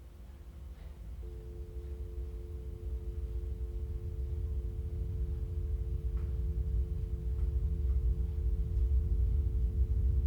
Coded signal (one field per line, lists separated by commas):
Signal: telephone call progress tone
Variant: North America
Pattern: dial tone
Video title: DIAL TONE - A Horror Short Film